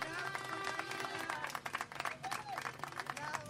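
A crowd in Rawson, Chubut applauds steadily, with dense, continuous clapping at a moderate level, while a wavering tonal whine runs through the background.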